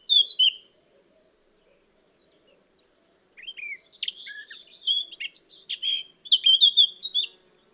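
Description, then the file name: Eurasian blackcap warbling: a short opening phrase, a pause of almost three seconds, then a longer rich twittering verse ending in fluty notes. "Sylvia atricapilla"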